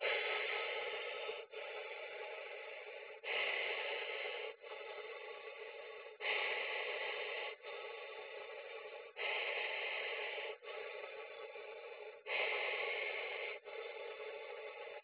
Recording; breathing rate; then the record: paced breathing near a phone; 20 breaths a minute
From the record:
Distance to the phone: 20 cm